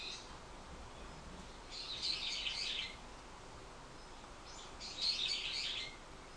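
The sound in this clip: Bird giving two short, high, twittering phrases about three seconds apart over a steady background hiss.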